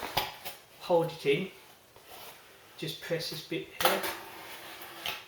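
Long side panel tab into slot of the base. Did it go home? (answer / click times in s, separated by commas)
yes / 5.1 s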